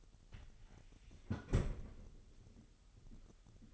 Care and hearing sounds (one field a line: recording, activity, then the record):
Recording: daily activity, microphone in the room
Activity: close fridge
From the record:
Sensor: 4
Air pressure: 989.2 hPa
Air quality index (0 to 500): 224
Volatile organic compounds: 84 ppm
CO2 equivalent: 3637 ppm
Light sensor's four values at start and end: 27/93/34/36 and 27/94/35/37